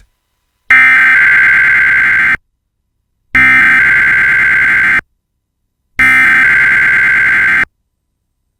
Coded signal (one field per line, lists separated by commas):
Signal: Emergency Alert System (SAME) tones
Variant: header bursts